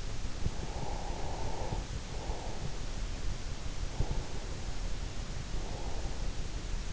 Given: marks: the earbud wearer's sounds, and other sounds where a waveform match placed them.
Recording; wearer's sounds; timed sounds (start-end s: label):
sounds in sleep by an in-ear microphone; breath
0.04-3.16 s: breath
3.81-6.93 s: breath